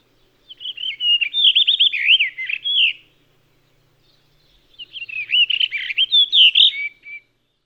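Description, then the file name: Blue rock thrush song: two fluid warbled phrases of fast, wavering whistled notes, separated by a pause of about one and a half seconds. "Monticola solitarius"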